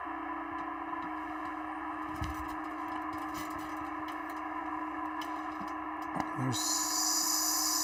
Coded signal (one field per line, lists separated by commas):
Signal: PSK31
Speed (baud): 31.25 baud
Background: speech